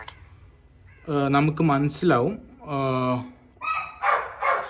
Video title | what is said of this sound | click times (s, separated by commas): 7Omai Dashcam- DIY Installation & Complete Review - 7omai vs iPhone footage- Malayalam - | ഒരു click sound വരും ആ sound വരുമ്പോൾ | 0.1 s